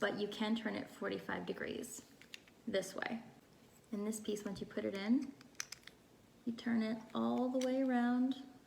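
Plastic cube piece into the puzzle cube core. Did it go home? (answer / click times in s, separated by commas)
no / none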